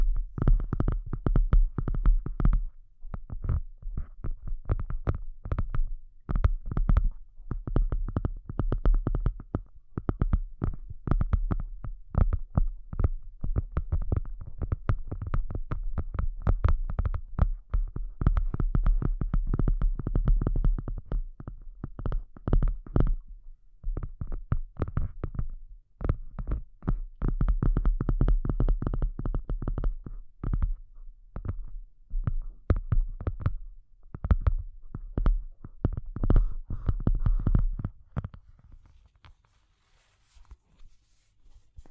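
Deep, bassy sounds, heavy in the low end, arrive as a dense run of soft thumps and taps, in an irregular but almost constant stream. Brief gaps break the flow now and then, and the sounds stop near 38 seconds, leaving near silence.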